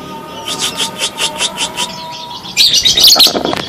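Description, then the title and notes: Bird song: a rapid run of bright, high notes, breaking into a louder burst of fast, tangled chirping near the end. "Bird Sound. Kicau Burung Lengkap"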